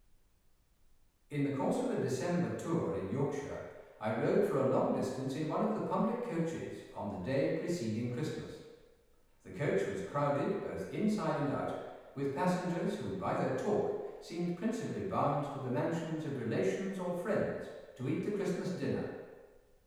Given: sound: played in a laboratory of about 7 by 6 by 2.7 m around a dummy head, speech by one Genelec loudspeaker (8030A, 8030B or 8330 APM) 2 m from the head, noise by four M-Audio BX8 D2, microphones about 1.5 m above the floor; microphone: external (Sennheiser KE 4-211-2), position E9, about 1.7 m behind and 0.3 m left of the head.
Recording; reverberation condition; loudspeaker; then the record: male speech in English; high; 30 degrees to the left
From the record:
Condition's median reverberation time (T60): about 1300 ms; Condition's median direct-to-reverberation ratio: about -4.0 dB